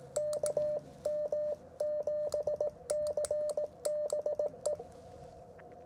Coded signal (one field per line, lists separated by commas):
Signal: Morse code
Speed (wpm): 18 wpm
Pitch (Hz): 600 Hz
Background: radio noise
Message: KM7CBE